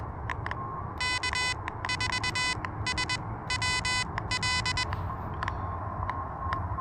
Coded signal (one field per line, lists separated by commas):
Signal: Morse code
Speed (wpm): 21 wpm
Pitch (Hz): 2500 Hz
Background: none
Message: K4SWL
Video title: Elecraft KH1: A little back yard pedestrian mobile POTA hunting